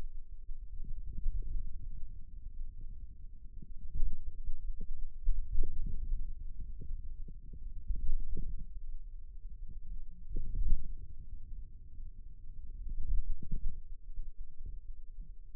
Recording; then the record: forearm muscle sounds (acoustic myography)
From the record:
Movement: ulnar deviation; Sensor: system 2, bracelet of six BSWA MPA416 microphones around the upper forearm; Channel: 4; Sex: male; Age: 22 years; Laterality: right